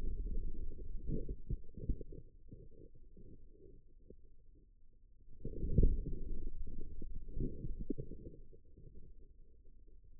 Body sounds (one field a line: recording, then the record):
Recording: forearm muscle sounds (acoustic myography)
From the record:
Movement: outward rotation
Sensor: system 2, bracelet of six BSWA MPA416 microphones around the upper forearm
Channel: 6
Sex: male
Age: 22 years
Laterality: right